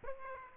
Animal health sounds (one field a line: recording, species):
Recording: mosquito wingbeat signal from an infrared sensor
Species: Aedes aegypti